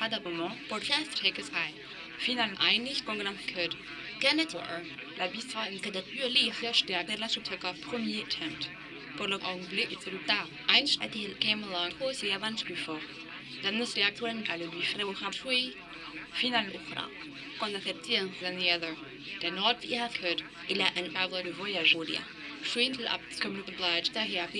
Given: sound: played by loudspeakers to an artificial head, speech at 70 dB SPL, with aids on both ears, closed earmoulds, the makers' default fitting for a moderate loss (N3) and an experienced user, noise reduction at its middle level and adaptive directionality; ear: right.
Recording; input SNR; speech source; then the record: speech test signal (ISTS) in cocktail-party noise; +6 dB; on the right (90 degrees)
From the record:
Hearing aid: class 2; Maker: D